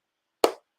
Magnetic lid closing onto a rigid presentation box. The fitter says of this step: a magnetic box. You can hear that. I'll let you hear the click here.